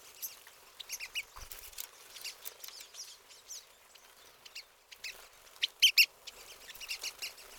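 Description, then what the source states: Pine siskins calling in quick, sharp high chips and twitters, sparse at first, then a louder cluster of notes near the end. Several pine siskins.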